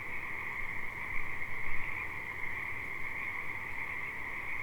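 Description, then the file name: Frogs in a steady trilling chorus. Alsea River. "Frogs at Alsea River"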